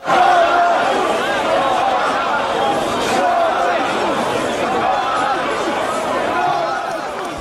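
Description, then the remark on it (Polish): A dense crowd of supporters and opponents of Donald Tusk fills Warsaw Central railway station as he arrives to testify at the prosecutor's office, with steady overlapping chatter and shouting voices, a loud continuous murmur with occasional raised calls, no single speaker standing out. “Tłumy ludzi na dworcu centralnym w Warszawie to zwolennicy i przeciwnicy Donalda Tuska, który przyjechał do stolicy, aby złożyć zeznania w prokuraturze.”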